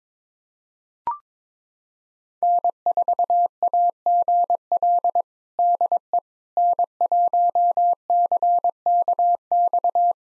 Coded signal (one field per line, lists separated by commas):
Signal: Morse code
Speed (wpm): 22 wpm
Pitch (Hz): 700 Hz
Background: none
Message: N4AGL DE N1CKX